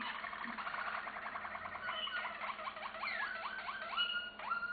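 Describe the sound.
Canary singing a rolling trill of rapid notes that shifts into repeated falling whistles, ending with a few higher clear notes.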